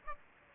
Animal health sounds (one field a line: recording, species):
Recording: mosquito wingbeat signal from an infrared sensor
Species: Aedes aegypti